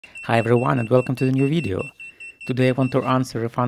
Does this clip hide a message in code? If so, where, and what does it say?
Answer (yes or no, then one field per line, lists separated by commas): no